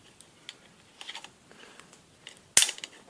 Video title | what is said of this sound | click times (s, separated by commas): Putting on new cassette and chain | Right, it's fairly hard. You hear it click, | 2.6 s